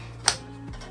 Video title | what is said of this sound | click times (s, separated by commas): ARES WA2000 / NEW VERSION / 2020 VERSION | clicks into place then you push it forward | 0.3 s